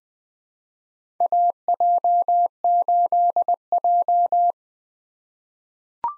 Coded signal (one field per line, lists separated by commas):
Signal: Morse code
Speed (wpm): 20 wpm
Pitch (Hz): 700 Hz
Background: none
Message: AJ8J